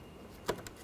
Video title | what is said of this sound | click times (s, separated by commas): How to Replace Mirror Turn Signals 2013-2019 Ford Escape | right there that locks in place | 0.5 s, 0.7 s